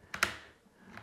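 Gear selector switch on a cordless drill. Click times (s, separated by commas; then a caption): 0.2 s. The gear selector switch on a cheap cordless drill, which doesn't fully engage on its own, is worked at the chuck until it snaps into position. A faint tick at 0.1 s comes just before a short, sharp plastic click at 0.2 s, with a softer tick near 1.0 s. The switch is seated in place.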